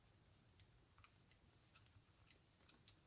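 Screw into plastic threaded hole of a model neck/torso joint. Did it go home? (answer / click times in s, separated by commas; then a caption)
no / none. A metal screw is turned counter-clockwise in a pre-threaded plastic hole of a model armor neck and torso joint to find the start of the thread before it is screwed in. Faint, brief ticks stand out at about 1.0, 1.1, 1.8, 2.7 and 2.9 seconds over a steady low rumble. Nothing has seated or clicked yet.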